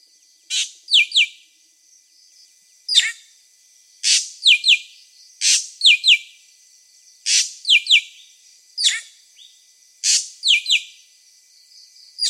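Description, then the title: Drongo delivering a busy series of raspy bursts and quick paired descending chips, phrases coming every second or two, over a steady high-pitched background hiss. "Suara Srigunting. Hobiburung. suara burung srigunting"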